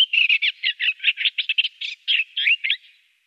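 Eastern Olivaceous Warbler song: a jerky run of scratchy, squeaky notes in quick succession, some sliding up or down, fading away at the close.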